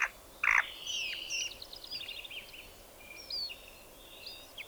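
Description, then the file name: Spotted nutcracker song: harsh notes at the start, followed by soft whistled slurs and quiet warbling phrases. "Tannenhäher Gesang"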